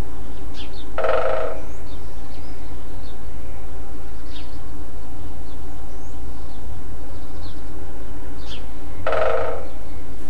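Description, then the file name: Great spotted woodpecker drumming: two short, rapid rolls about eight seconds apart, with faint high chirps from other birds and a steady low background hum. Drumming; recorded 5 04 07 on a MZ-N 710 recorder. "MZ-N 710 Pic epeiche tambourinant 5 04 07"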